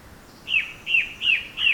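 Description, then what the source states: Bird song: four short whistled phrases repeated about every 0.35 seconds over soft background hiss. Birds singing in a forest.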